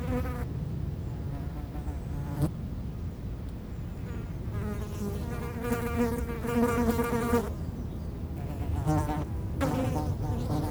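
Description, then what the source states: Fly buzzing comes and goes in bursts, strongest in the middle and near the end, over steady low wind rumble. Flies feeding on dung, close-up; Chemin de Lombardil, Fenouillet, France, near Blagnac airport; windy day; recorded with Sennheiser MKH8040 ORTF pair and SD MixPre6.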